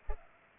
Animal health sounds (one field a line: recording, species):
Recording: mosquito wingbeat signal from an infrared sensor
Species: Culex pipiens